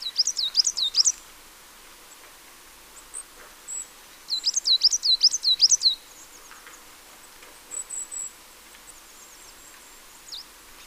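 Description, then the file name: Marsh tit calling in bright, high phrases of quick down-slurred notes, two clear bursts about four seconds apart, with softer thin notes between. "Poecile palustris"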